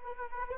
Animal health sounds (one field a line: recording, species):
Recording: mosquito wingbeat signal from an infrared sensor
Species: Anopheles arabiensis